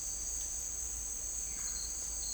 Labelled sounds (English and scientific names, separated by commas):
none